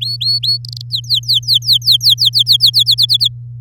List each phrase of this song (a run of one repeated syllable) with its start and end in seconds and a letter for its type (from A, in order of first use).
0.01-0.58 A, 0.65-0.82 B, 0.90-2.83 C, 2.86-3.28 D